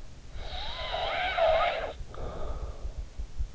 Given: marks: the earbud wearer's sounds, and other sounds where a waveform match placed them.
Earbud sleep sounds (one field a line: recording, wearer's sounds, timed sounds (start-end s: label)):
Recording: sounds in sleep by an in-ear microphone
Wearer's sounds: snoring breath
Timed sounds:
0.27-3.15 s: snoring breath